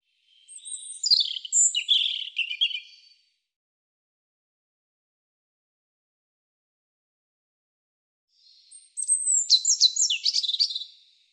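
European robin singing two separate high phrases of slurred whistles and rapid trills, each about two to three seconds long, separated by a pause of roughly five seconds.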